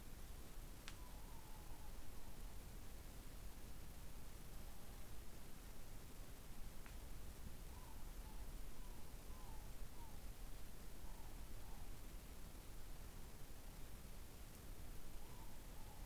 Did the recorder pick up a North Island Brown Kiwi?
no